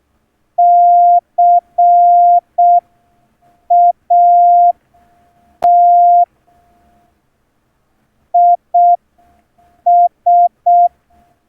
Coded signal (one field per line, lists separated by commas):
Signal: Morse code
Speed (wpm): 6 wpm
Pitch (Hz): 700 Hz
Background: none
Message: CAT IS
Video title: Morse key setup, Reading Concepts and Morse code sending techniques (Special Edition in Hindi)